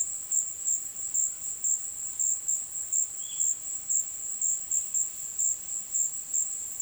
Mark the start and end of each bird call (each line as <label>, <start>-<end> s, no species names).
bird call, 3.14-3.46 s